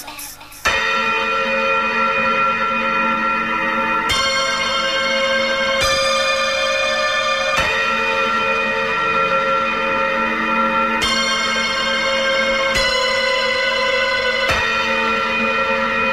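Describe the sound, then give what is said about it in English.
Tubular bells ring out in a slow series of struck notes, each bright metallic chime sustaining and overlapping the next, forming a loud, shimmering tone that holds steady throughout with no voices. “nothing was ever heard from him again, except for the sound of tubular bells.”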